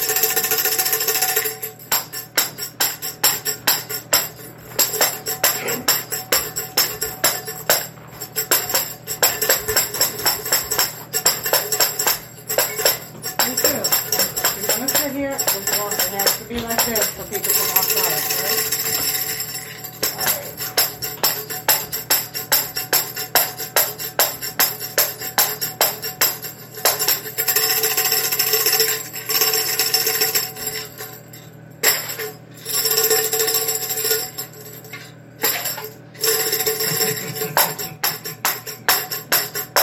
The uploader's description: playing tambourine